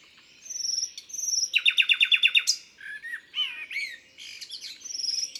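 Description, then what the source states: Common nightingale song: two high thin whistles, then a loud rapid series of repeated notes, followed by varied rising and falling whistled phrases. Recorded in Isère, France.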